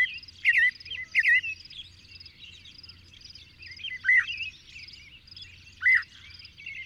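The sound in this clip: Bird song of looping, curling whistled notes, a pair early then single phrases later, over constant faint high twittering.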